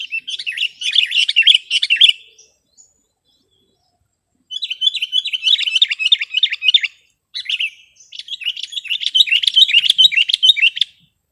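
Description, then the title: Sooty-headed bulbul chattering, three bursts of rapid, scratchy repeated notes separated by short silent pauses. "kutilang"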